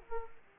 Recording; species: mosquito wingbeat signal from an infrared sensor; Aedes aegypti